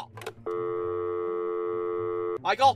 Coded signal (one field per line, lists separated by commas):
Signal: telephone call progress tone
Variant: North America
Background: speech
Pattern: dial tone